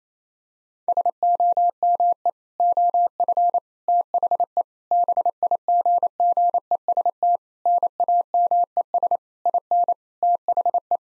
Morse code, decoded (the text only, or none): SOME OF THE BIGGEST NAMES IN THE